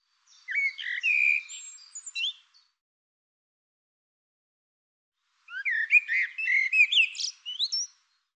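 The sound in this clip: Bird song in two rapid phrases of chirps and sliding whistles, each about two seconds, separated by a three-second pause.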